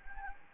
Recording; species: mosquito wingbeat signal from an infrared sensor; Anopheles gambiae